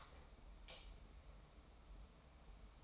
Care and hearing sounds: daily activity, microphone in the room; light on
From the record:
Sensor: 1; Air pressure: 990.9 hPa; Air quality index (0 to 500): 109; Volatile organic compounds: 103 ppm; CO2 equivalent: 3771 ppm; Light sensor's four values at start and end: 22/51/22/24 and 23/51/22/24

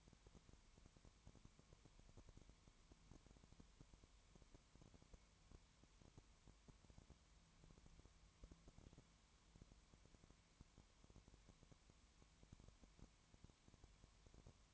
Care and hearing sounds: daily activity, microphone in the room; no activity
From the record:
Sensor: 3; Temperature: 20.2 degrees Celsius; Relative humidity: 31.4%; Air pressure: 1001.3 hPa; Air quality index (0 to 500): 74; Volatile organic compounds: 1 ppm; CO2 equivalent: 693 ppm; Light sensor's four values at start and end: 2/3/2/2 and 2/3/2/2

